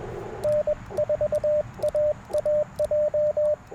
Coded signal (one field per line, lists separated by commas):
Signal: Morse code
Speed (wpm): 21 wpm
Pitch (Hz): 600 Hz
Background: radio noise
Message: N4AAJ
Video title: Explorer POTA20 & Packtenna - QRP CW POTA Activation 09/07/2024